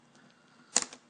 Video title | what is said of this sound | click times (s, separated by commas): desmontar nokia n86 | you'll hear a pop | 0.8 s